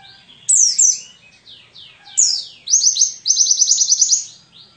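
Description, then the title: White-eye song with a few sharp high descending chirps, then a fast rattling run of repeated notes, and soft falling notes between phrases. Wild white-eye (pleci ngalas) singing an 'isian' filling song, used as a tutor recording for training songbirds (masteran). "mster Mnuk. Pleci ngalas isian untuk masteran"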